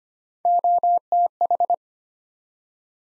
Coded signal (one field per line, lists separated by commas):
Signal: Morse code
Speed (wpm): 25 wpm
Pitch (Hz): 700 Hz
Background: none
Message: OTH